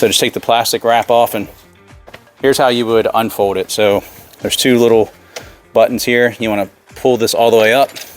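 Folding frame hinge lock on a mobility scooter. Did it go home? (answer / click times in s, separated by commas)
no / none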